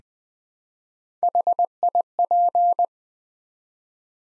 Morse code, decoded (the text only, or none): HIP